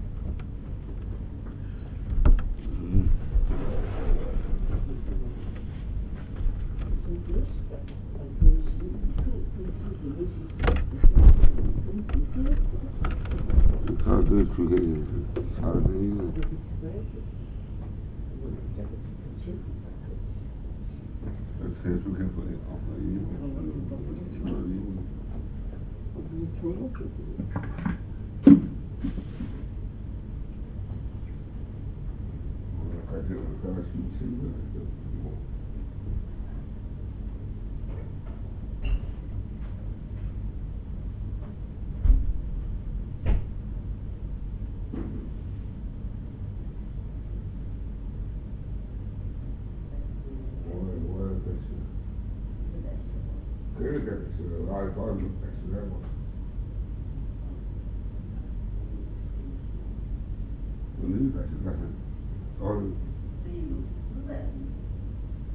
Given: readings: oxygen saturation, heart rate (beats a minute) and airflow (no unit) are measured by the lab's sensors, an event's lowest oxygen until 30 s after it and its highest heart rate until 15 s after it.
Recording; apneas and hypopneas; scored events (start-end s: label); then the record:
a person awake in a sleep study, by a smartphone at the bedside; none
0.00-65.55 s: awake
From the record:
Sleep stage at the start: awake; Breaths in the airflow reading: 28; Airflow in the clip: -1.1 to 1.6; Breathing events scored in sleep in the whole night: 449 in 7.0 hours asleep